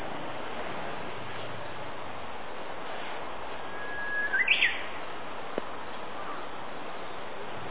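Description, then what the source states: Japanese bush warbler gives one phrase midway, a sustained plain whistle jumping into a fast rising ending, then a faint click, all under persistent hiss. April 2018.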